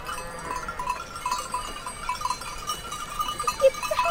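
A flock of dark brown and white sheep on a slope at about 2,500 metres in the Swiss Alps bleats in a steady, overlapping chorus of wavering, mid-pitched calls, with faint bell-like tinkles scattered through. There is no talking.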